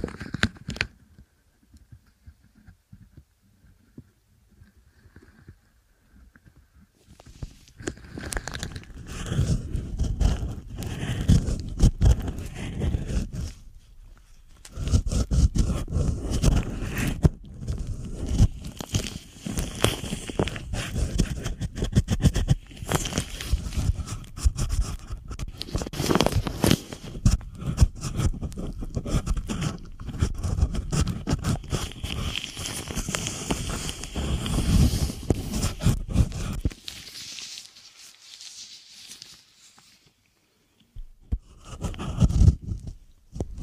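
Dense scratching and rustling of ear cleaning starts after a quiet opening, pauses briefly around 14 seconds, then fades out near the end.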